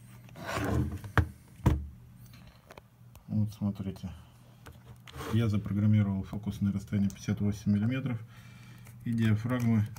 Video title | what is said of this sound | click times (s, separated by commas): Для Святослава К. | против часовой стрелке до щелчка вот | 1.2 s